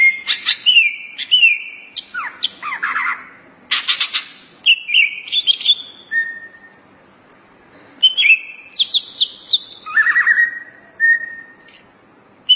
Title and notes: Suara Kicauan Burung Cucak Ijo